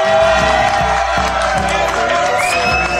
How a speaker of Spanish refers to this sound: Esa es la ovación acá de la vecindad que se ha acercado a hacer la salutación a los artistas, a los artistas que se han reunido acá en el estudio mayor de FM San Javier, acá en la localidad de San Javier.